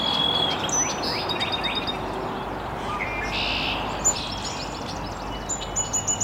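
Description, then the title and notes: Birds calling with sharp high whistles and short chirps, a brief buzzy note midway, background noise steady throughout. Chirping very early in the morning in an estuary. "Birds Chirping in the Early Morning. Original sounds of birds chirping very early in the morning in an estuary"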